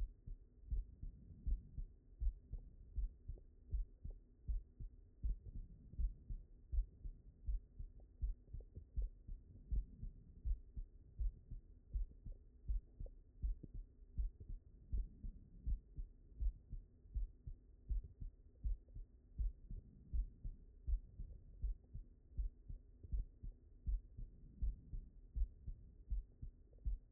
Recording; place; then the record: heart sounds by stethoscope; mitral valve (MV)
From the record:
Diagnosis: non-HFrEF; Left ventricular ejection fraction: 71%